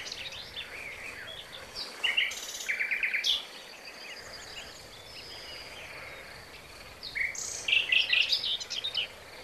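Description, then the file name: Common nightingale song in two loud phrases, rapid rattling note series separated by a pause, with quieter scattered notes between. "Luscinia megarhynchos"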